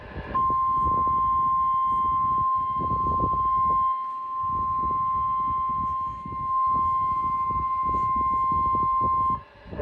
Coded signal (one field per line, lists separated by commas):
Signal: Emergency Alert System (SAME) tones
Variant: 1050 Hz attention tone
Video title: Remnants of Kay (EAS Alerts from 9/9/22-9/13/22) (EAS #428-461) (Monsoon EAS #197-231)